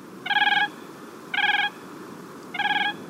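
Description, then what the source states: Siberian crane flight calls: three fluting, slightly warbling notes about one second apart against a low, steady rumble. Three Siberian cranes flying directly over the recordists' heads on the Siberian tundra.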